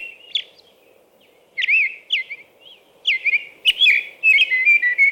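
American robin song of sweeping whistled phrases, several rising then falling, ending in a denser squeaky run, with a continuous low hum behind.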